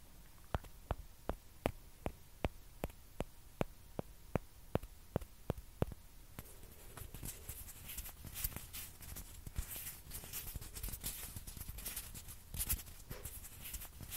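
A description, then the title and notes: A ping pong ball taps in a quick, even rhythm for about six seconds, then gives way to denser, irregular scratching over a low hum. ASMR TAPPING AND SCRATCHING WITH PING PONG BALL.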